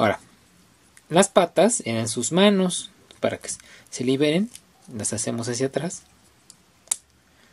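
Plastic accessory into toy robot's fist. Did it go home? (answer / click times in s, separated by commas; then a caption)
yes / 6.9 s. A plastic accessory is pressed into the fist of a plastic dinosaur robot toy during its transformation. Someone talks, then at 6.9 s a single sharp, loud click is heard as the part seats firmly in the robot's fist.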